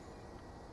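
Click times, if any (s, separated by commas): none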